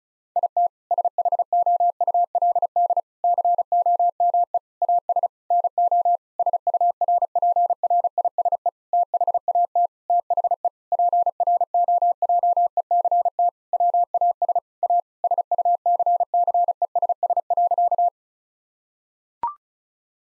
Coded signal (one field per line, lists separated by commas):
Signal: Morse code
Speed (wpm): 34 wpm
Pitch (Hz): 700 Hz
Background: none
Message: IT SHOULD COME AS NO SURPRISE THAT THE PROJECT WAS A SUCCESS.